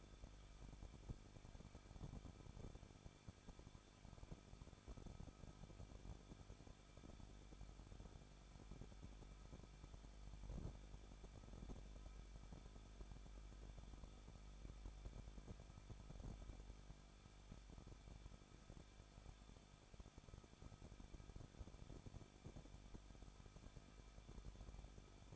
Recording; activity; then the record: daily activity, microphone in the room; no activity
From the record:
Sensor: 5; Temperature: 20.9 degrees Celsius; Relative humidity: 38.2%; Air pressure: 1006.4 hPa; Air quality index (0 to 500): 188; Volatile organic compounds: 19 ppm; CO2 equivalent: 2640 ppm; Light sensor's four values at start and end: 2/3/1/1 and 2/3/1/1